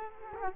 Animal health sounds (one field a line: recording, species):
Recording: mosquito wingbeat signal from an infrared sensor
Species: Culex quinquefasciatus